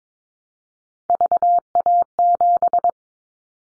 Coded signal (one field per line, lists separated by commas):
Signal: Morse code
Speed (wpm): 22 wpm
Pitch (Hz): 700 Hz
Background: none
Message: VA7